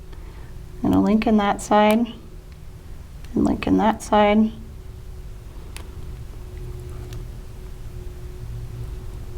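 Formed wire horseshoe links are being handled and linked into the adjoining chain loops on both sides while someone talks from about 0.8 to 4.5 seconds. After that only a low steady hum and a couple of faint ticks near 5.8 and 7.1 seconds are heard. Nothing has clicked into place or seated yet by the end of the clip.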